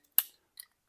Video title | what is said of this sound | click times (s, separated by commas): Switching things up with some more custom bits! | we know which way around they go, and they simply snap into place, and they're done. | 0.2 s